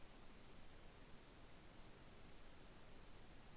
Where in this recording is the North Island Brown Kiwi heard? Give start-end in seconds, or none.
none